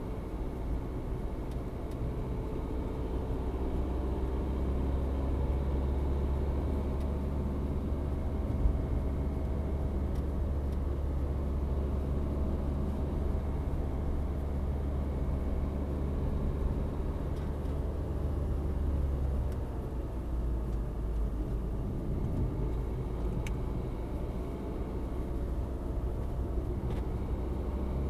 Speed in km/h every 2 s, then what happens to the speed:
48, 48, 52, 55, 55, 55, 55, 55, 56, 52, 42, 43, 49, 51.
0-6 speeds up to 55. 6-17 steady at about 55. 17-20 brakes to 42. 21-28 speeds up to 51.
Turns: none.